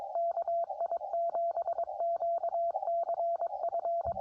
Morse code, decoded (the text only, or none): KI7QCF